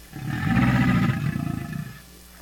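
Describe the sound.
American alligator giving a deep, rumbling roar-like bellow that swells and then breaks into a pulsing, vibrating rattle before fading out.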